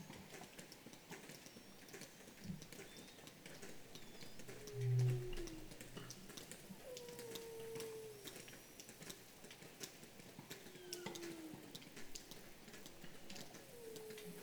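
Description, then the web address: Whale calls: a series of gliding, falling moans in the mid-low range, with a brief low thump, over persistent crackling underwater noise. "baleines"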